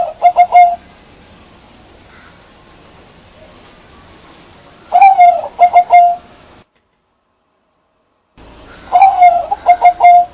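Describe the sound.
Bird calling in three bursts, the later two each a falling mellow note plus three quick pulses, separated by quiet stretches and a brief total silence.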